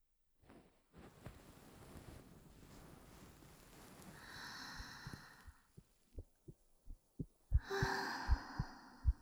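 Normal heartbeat of an adult, heard through a close microphone in a roleplay setting.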